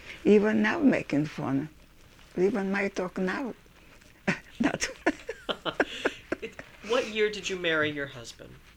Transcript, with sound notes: Even now making fun. Even my talk now, not — [Laughs]
What year did you marry your husband?